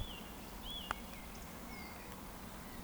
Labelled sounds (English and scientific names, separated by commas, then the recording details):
Eurasian Woodcock (Scolopax rusticola) whistle
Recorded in Baden-Württemberg, Germany, on 14 June 2020 at 19:40 UTC
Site 14569, 102 m above sea level